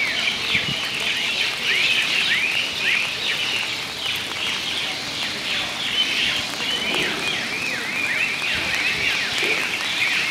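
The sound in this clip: Birds chirping, many short high chirps overlapping throughout, over the steady hiss and patter of falling rain.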